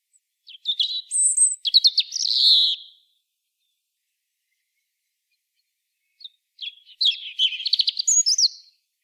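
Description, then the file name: European robin, high thin warbling phrase with sharp tinkling notes, a pause of several seconds, then another varied twittering phrase. "Erithacus rubecula"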